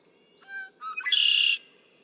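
Red-winged blackbird song: a few short introductory notes followed by one loud, buzzy, rasping trill lasting about half a second.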